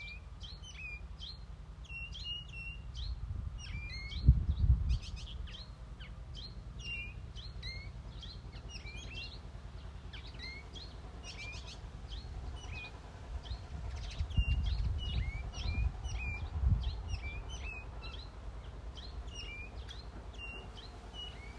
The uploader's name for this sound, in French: Les oiseaux de Poilly